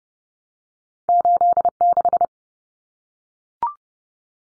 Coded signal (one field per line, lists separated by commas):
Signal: Morse code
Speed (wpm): 30 wpm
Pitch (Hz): 700 Hz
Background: none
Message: 86